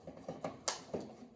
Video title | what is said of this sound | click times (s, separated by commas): Chicken Bruschetta Demo (Edit) | okay I don't know if you heard that but it clicked still attached so you want to turn left to let it go super simple | 0.7 s